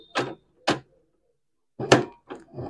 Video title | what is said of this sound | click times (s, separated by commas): canon pixma ts3370s printer/ unboxing and review/under 6000 printer/all in one printer/ the stage .. | आप धक्का देंगे कि खट से बजेंगे और क्या होगा ये बैठ जाएंगे। | 1.9 s